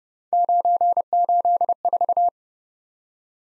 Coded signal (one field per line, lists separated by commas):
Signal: Morse code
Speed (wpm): 30 wpm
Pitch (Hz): 700 Hz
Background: none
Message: 984